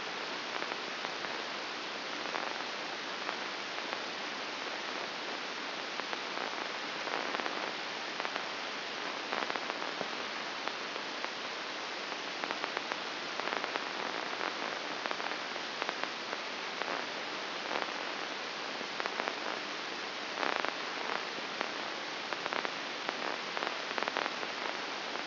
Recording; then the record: brain microelectrode recording played as sound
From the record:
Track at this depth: outside the subthalamic nucleus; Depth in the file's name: 6.661 mm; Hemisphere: left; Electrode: 2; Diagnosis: Parkinson's disease